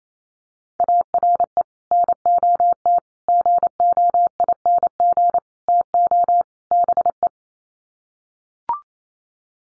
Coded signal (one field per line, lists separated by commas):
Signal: Morse code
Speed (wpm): 28 wpm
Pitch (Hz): 700 Hz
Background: none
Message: ARE NOT GOING TO BE